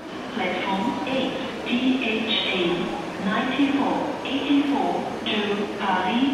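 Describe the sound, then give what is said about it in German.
A voice over a public address loudspeaker makes an announcement in a train station, naming the Thalys train only by a railway-jargon abbreviation instead of its proper name. The speech sounds steady, thin and tinny, with a faint rumble of station noise underneath. “In der Lautsprecheransage taucht der Thales nicht mehr mit seinem richtigen Zugnamen auf, sondern nur noch als Kürzel im Eisenbahnerjargon.”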